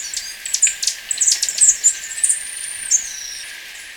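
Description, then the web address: Capped conebill calls: thin, very high chips and short twitters, then a long high whistled note that drifts slightly downward near the end. Recorded in Ecuador. "Natures Songs S America Birds of Ecuador. Capped Conebill"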